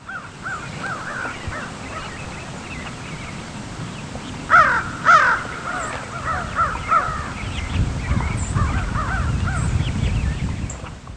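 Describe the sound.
American crow cawing, many harsh, nasal caws in irregular runs, two louder caws near the middle, over a steady low rumble of background noise.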